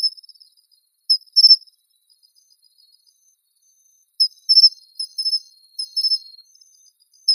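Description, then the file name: Pine cricket singing in short, high, clear chirping bursts separated by long silent gaps, a few rapid pulse groups clustered near the middle and end. "matsumushi"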